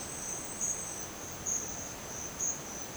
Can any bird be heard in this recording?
no